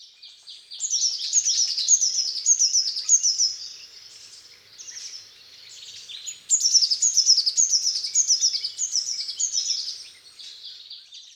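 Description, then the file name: Eurasian blue tit giving high, thin, rapid chattering notes in two bursts, each a quick series of sharp chips and trills, with a brief quieter pause between. "Cyanistes caeruleus"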